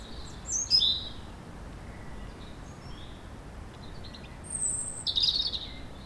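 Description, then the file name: European robin singing in two louder bursts, a high twittering phrase early and a shrill phrase near the end, with fainter notes and steady background hiss between them. "Erithacus rubecula"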